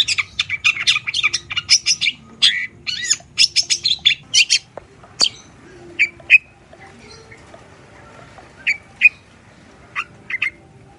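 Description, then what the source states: Long-tailed shrike: a dense run of scratchy, squawking chatter, then slower, isolated sharp chirps separated by pauses. Morning song with the "toet toet" variation, used as a lure to prompt long-tailed shrikes that are reluctant or stressed into singing.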